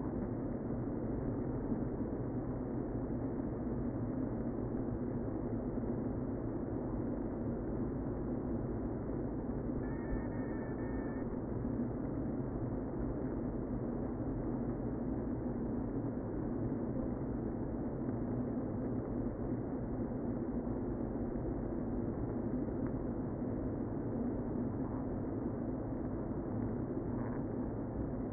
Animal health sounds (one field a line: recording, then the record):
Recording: honeybee colony, microphone inside the hive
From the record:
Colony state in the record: queen present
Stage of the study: before two queens were removed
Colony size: about 60,000 bees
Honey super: yes